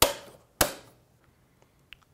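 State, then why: Seated. On a SureLab D1070, the photo media roller's two plastic clasps are snapped into the duplex feeder, giving two loud, sharp clicks at 0.0 s and 0.6 s, one per clasp. The clicks are followed by a few faint small ticks and one brief sharper tick near 1.9 s. The roller is seated in the duplex feeder.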